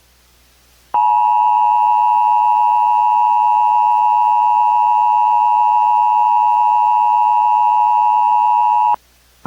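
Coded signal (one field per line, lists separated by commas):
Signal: Emergency Alert System (SAME) tones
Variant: 853 and 960 Hz attention tone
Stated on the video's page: Recreated mock of a tornado warning with valid tones, relayed as from a WideOpenWest cable unit.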